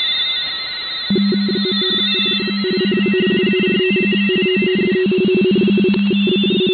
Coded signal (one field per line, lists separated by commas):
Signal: RTTY